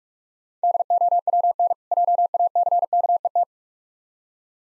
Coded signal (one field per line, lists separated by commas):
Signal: Morse code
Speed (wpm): 46 wpm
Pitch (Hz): 700 Hz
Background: none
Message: DOWN JACKET